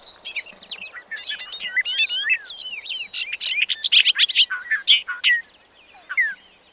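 Bobolink song, a long rollicking jumble of bubbly, metallic, rapidly changing notes, building into a dense burst of sharp tinkles before fading out.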